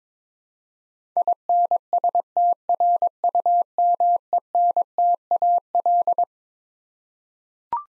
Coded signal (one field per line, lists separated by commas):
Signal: Morse code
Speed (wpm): 22 wpm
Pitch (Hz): 700 Hz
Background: none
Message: INSTRUMENTAL